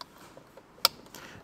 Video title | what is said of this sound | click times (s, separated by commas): Installing Honda Idlestopper V2 - Turn Off Idle/Start Stop | make sure you hear the snap | 0.8 s